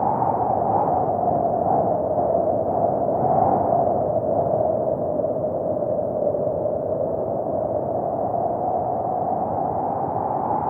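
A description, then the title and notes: Wind blows in a steady, dense rush, muffled and low, with nothing above the lower-middle range. The sound swells slightly around the third and fourth seconds, then settles back to an even, unbroken roar for the rest of the clip. Serenity in the Wind. Wind sounds.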